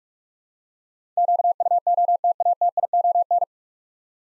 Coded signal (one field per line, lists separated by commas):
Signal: Morse code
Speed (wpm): 43 wpm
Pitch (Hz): 700 Hz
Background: none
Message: QUOTATION